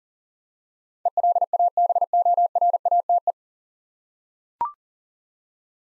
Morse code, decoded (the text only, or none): ELABORATE